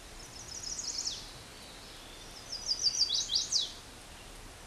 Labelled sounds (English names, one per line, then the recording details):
Chestnut-sided Warbler song
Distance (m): 15 m
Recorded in a Pennsylvania forest on 17 May 2023 at 11:41
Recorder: AudioMoth, point grid1_19_low
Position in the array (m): 112 m, 209 m